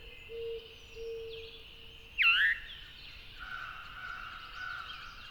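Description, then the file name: Veery giving one loud slurred note that drops sharply in pitch, with soft steady low whistles and a chorus of other birds behind it. "very veery"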